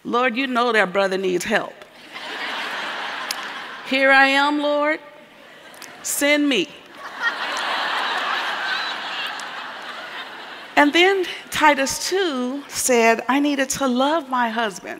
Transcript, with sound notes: “Lord, you know that brother needs help! Here I am, Lord, send me.” (laughter) And then Titus 2 said I needed to love my husband.